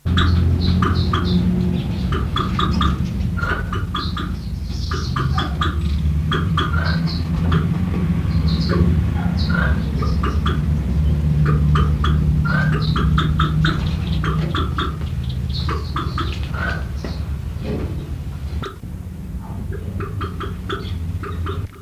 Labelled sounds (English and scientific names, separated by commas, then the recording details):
Reeves's Pheasant (Syrmaticus reevesii) call, Plush-crested Jay (Cyanocorax chrysops)
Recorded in captivity
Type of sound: call
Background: Cyanocorax chrysops
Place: Zoo Hannover, Niedersachsen, DE
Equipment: Halbspur, 9,5 cm/s
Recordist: Lütgens, Hans
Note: Erschreckt